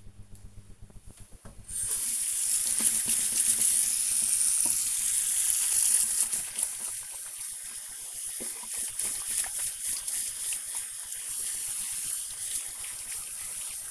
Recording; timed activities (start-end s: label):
household activities, microphone on the right wrist
0.92-13.91 s: washing hands